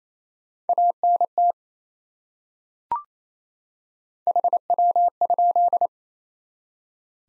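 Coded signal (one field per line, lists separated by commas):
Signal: Morse code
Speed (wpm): 28 wpm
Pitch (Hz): 700 Hz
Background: none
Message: ANT HW?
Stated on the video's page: Morse code drill of top 20 QSO elements at 28 wpm for head-copy.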